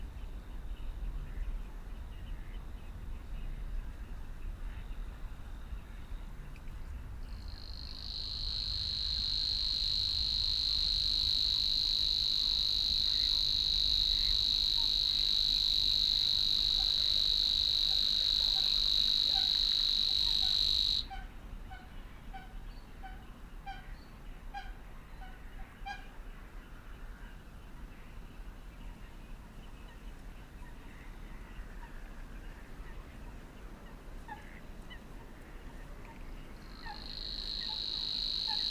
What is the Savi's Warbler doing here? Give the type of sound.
song